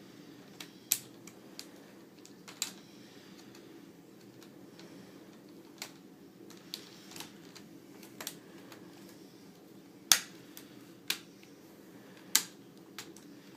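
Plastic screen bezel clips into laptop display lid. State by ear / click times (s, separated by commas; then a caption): seated / 0.9 s, 2.6 s, 10.1 s, 11.1 s, 12.4 s. The plastic screen bezel (the protective outside ring) of an Asus U43F laptop is pressed around its edge, after the hinge covers were clipped back in, so its clips pop into the display lid. Sharp snaps land at about 0.9, 2.6, 10.1, 11.1 and 12.4 seconds, with fainter ticks between them over a steady low hum. The bezel clips seat into place.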